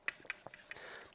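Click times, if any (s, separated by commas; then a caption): none. The stiff, hard-to-move depth limiter on a Makita trim router is pushed along, giving a few small clicks and ticks around 0.1, 0.3, 0.5, 0.7 and 1.1 seconds over a faint background hiss. The depth stop does not snap into place, and nothing has clicked into position yet.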